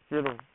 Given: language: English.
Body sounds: throat vibration sensor signal played as sound; speech

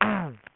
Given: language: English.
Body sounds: throat vibration sensor signal played as sound; throat clearing

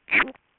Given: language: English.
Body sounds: throat vibration sensor signal played as sound; swallow

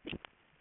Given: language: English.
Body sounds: throat vibration sensor signal played as sound; swallow

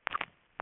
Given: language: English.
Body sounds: throat vibration sensor signal played as sound; swallow

